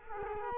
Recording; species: mosquito wingbeat signal from an infrared sensor; Culex quinquefasciatus